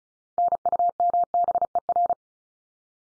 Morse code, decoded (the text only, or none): NUMBER